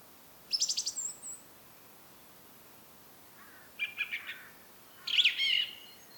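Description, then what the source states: Song thrush giving scattered song phrases: a high, thin trill first, then a quieter stuttering phrase and a louder twittering flourish, with gaps between. Recorded at Rambjøra on 30 March 2023 with a Zoom recorder.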